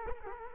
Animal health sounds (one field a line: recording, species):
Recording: mosquito wingbeat signal from an infrared sensor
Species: Culex quinquefasciatus